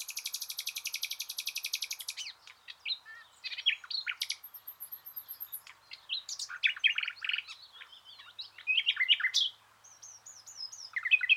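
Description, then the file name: Common nightingale song opening with a long rapid rattling trill, followed by very high thin notes and assorted fast chattering phrases. "Luscinia megarhynchos"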